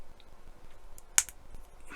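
A plastic gear shift part is lined up and pressed into the interior of an '89 Batmobile model car. A few faint ticks lead up to one sharp snap at 1.2 s, followed by a softer tick. The part is seated in place.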